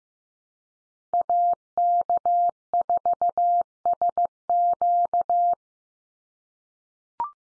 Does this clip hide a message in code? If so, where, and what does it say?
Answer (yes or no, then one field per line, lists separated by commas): yes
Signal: Morse code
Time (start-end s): 1.1-5.5 s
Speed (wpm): 15 wpm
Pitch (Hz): 700 Hz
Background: none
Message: AK4SQ